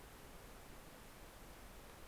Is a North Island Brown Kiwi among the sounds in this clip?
no